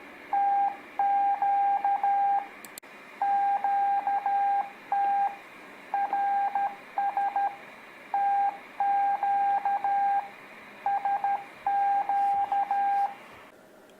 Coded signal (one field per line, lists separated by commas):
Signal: Morse code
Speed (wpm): 13 wpm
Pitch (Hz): 800 Hz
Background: none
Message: TQ QT RS TQ SQ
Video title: Practice Morse Code With Letters P Q R S T | Beginners